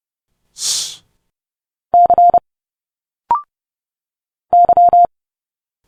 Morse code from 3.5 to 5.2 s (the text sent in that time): Y